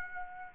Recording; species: mosquito wingbeat signal from an infrared sensor; Aedes aegypti